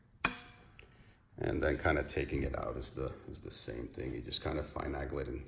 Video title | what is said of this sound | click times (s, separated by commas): 2019 Ernie Ball Music Man MAJESTY Review | then you have a little click, and | 0.2 s